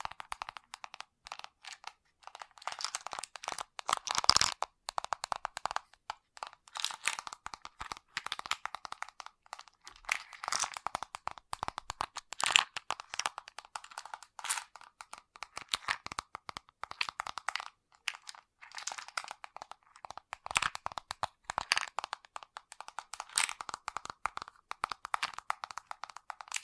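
Fast tapping runs through the whole 27 seconds as dense, rapid clicks with a crisp, dry, crinkly edge. The taps come in uneven bursts and flurries, sharp and bright with almost no low end, with a few louder strikes around 4, 11 and 23 seconds.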